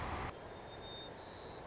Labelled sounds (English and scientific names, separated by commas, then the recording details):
White-crowned Sparrow (Zonotrichia leucophrys)
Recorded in Sonoma County, California